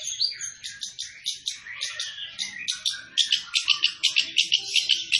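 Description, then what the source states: Long-tailed shrike song: varied scratchy and whistled notes, then a quicker run of clipped, ringing chirps toward the end. Singing vigorously.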